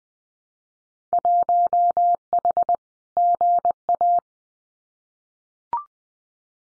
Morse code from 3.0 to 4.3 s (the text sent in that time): GA